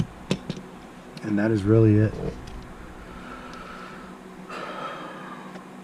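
During a function check of a striker-fired handgun, the magazine release is pressed to confirm the magazine ejects properly, and the empty magazine drops free of the pistol grip with a sharp click at 0.3 s. A smaller knock follows at 0.5 s, and then someone talks.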